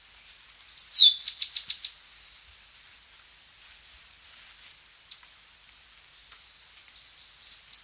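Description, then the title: Tepui brush finch singing one phrase, a sharp downslurred note then a rapid run of five high ticking notes, with a constant high whine behind it. "LuckyPassaro Completos2Sama. Tepui Brush Finch"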